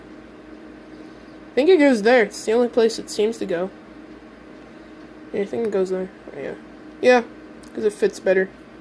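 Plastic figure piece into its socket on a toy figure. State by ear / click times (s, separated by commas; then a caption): not seated / none. A plastic piece of a small toy figure is handled near the socket where it fits while someone talks, with a low steady hum underneath. Nothing has seated or clicked yet.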